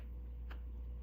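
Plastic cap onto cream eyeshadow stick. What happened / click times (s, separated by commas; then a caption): The plastic cap snapped shut / 0.5 s. A plastic cap is pushed onto a Merit Solo Shadow cream eyeshadow stick in the brown shade Bronze until it snaps shut with one short, sharp click at 0.5 s, heard over a steady low hum. The cap is fully closed, which matters because an unclosed cap lets the product dry out.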